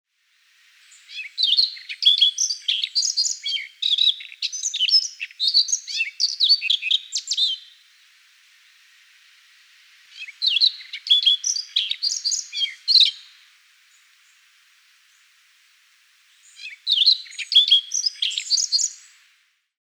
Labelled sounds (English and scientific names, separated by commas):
Siberian Rubythroat (Luscinia calliope)